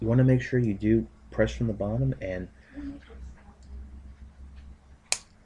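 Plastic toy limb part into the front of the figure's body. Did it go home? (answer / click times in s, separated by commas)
yes / 5.1 s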